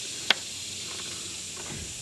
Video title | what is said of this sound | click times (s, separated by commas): TroyBilt Gas Hedge Trimmer Unboxing and First Impressions | Okay, so reverse turn it a bit till it clicks and slips into place, | 0.3 s